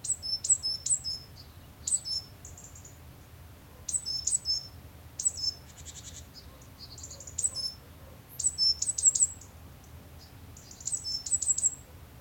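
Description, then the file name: Great tit calling repeatedly: short runs of high, thin chirping notes in irregular bursts throughout. "Parus major"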